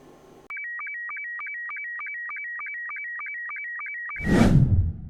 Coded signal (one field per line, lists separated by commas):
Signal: SSTV (slow-scan television)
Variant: Robot 72